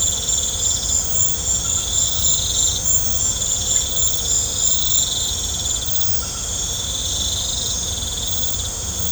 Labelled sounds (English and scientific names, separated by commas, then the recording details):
none
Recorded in pastures near Puerto Asís, Putumayo, Colombia, on 18 December 2024 at 19:30
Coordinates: 0.502, -76.324
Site G077